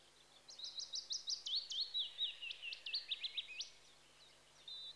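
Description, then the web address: European robin singing a fast run of high, thin, sweeping notes that tumble downward over about three seconds, then a short pause and a brief final phrase. Recorded in spring. "BBC Sound Effects Library Birds Robin (Erithacus Rubecula) Spring"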